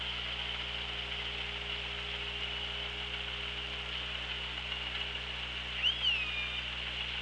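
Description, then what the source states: Orca call: a single short harmonic call that arcs up and down near the end, otherwise only steady underwater hiss and hum. Recorded on the OrcaLab hydrophone, 24 August 2017, 16:17.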